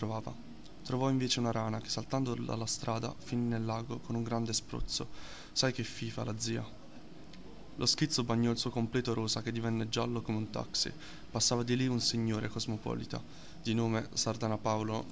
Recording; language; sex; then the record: read passage; Italian; male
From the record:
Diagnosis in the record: healthy control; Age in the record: 19 years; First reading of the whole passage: 38 s, 13.5 characters per second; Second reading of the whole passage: 40 s, 12.9 characters per second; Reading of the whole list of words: 43 s, 6.6 characters per second